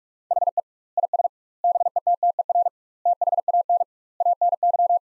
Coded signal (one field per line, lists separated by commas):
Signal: Morse code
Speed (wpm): 46 wpm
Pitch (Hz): 700 Hz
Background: none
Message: HE IS BETTER THAN ANY